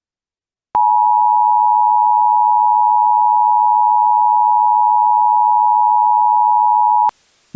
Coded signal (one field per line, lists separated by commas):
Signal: Emergency Alert System (SAME) tones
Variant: 853 and 960 Hz attention tone